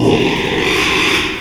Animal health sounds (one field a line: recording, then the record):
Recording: squeal of a Yucatan mini pig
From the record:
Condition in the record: after surgery on the right vocal fold (resection and tissue-engineered implant)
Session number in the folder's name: 1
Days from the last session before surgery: 6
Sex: male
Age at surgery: 12 weeks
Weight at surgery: 13 kg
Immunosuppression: cyclosporine, prednisolone